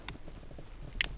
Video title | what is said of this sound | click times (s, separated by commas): Cruise Control Install on Fiat/Abarth 500 (NCS Precision Kit) | It needs to go all the way in, and you'll feel a solid click. | 1.0 s